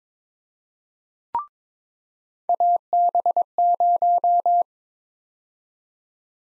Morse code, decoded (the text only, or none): AB0